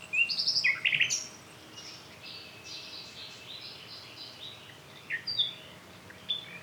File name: Luscinia megarhynchos